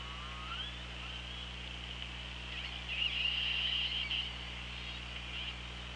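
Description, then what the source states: Killer whale calls: a short rising whistle at the start, then a buzzy pulsed call around the third second, over steady low hum and hissing underwater noise. Recorded on the OrcaLab hydrophone, 24 August 2017 at 17:25.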